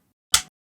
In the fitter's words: and then listen to the satisfying click